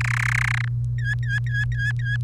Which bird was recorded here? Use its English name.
Domestic Canary